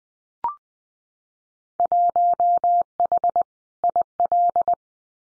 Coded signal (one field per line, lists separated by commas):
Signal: Morse code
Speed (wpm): 20 wpm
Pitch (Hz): 700 Hz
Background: none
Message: 1H IL